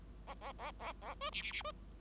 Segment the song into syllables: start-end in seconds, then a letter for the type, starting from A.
0.27-0.34 A, 0.41-0.52 A, 0.58-0.71 A, 0.79-0.92 A, 1.01-1.14 A, 1.21-1.30 B, 1.32-1.42 C, 1.42-1.52 C, 1.52-1.62 C, 1.64-1.71 B